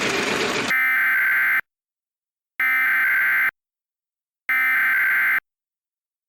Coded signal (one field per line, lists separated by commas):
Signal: Emergency Alert System (SAME) tones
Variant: header bursts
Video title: The Sierra (EAS Scenario)